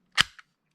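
Pushing the small trigger on a toy weapon body releases its locked plastic sight cylinder with a sharp, satisfying snap at 0.2 s, followed by a faint tick at 0.4 s. The cylinder is released.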